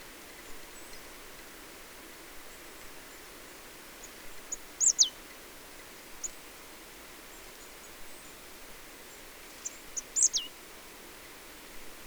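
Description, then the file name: Marsh tit calls: two short, sharp high-pitched bursts of quick descending notes about five seconds apart, with faint scattered ticks between, over a soft background hiss. "Poecile palustris"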